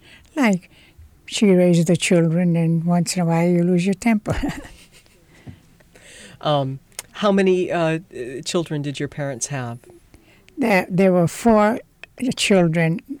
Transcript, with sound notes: Nice, she raised the children, and once in a while you lose your temper. ( she laughs )
How many children did your parents have?
There were four children,